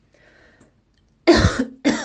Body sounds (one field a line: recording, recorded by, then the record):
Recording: voluntary cough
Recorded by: messaging app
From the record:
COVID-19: negative